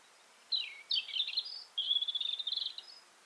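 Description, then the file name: European robin song: high, thin, varied phrases, a sliding squeaky opening followed by a rapid chattering trill of high notes. "Erithacus rubecula"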